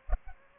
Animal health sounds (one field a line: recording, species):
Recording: mosquito wingbeat signal from an infrared sensor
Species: Aedes aegypti